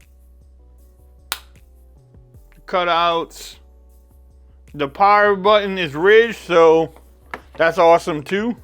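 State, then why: Seated. The metal kickstand on a clear plastic Spigen Ultra Hybrid S case for a Samsung Galaxy S22 Ultra is moved and snaps into its locked position with a single sharp click at 1.3 s. Someone then talks over soft background music, and the kickstand stays seated and locked in place.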